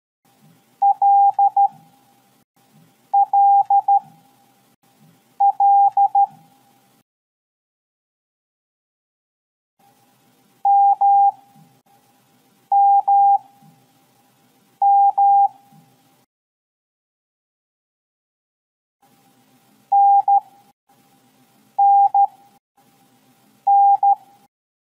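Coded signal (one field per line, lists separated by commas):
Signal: Morse code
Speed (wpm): 13 wpm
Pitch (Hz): 800 Hz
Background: none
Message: LLL MMM NNN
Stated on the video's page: Morse code letter sounds A–Z played one at a time as a practice exercise, each paired with a mnemonic.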